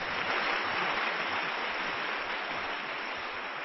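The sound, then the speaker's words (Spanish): Steady applause from many hands, a dense, even wash of clapping that holds at a constant level for a few seconds with no one speaking over it. “Les mando un beso enorme y este aplauso.”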